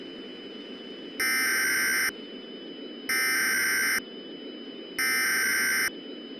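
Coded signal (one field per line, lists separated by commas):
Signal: Emergency Alert System (SAME) tones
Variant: header bursts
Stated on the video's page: Simulated tornado outbreak EAS scenario, a fictional recreation.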